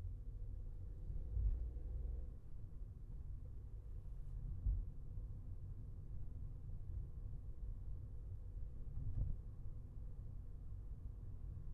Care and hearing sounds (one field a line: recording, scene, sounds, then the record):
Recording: everyday scene through a hearing-aid microphone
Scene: in a vehicle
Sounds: engine, highway traffic jam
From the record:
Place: Skoda Fabia, gasoline engine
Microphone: behind the ear, left, front